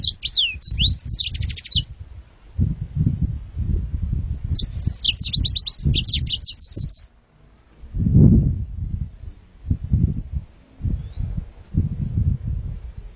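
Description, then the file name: Yellow-fronted canary delivering two lively phrases of high, rapid, sweet notes and a short trill, while steady low rumbling noise continues throughout. "serinus mozambicus"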